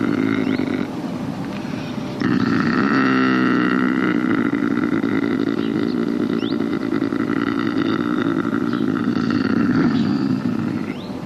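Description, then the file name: Eurasian lynx growling: a low, rough, continuously pulsing rumble that eases briefly and then surges again near two seconds. "rys vrceni"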